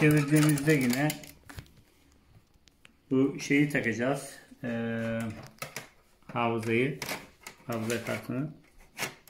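During reassembly of a PlayStation 4 that was making excessive noise and overheating, an internal board or card is handled and put back into place inside the console chassis. Someone talks throughout, with a few faint ticks and taps during a pause. Nothing has seated or clicked into place yet.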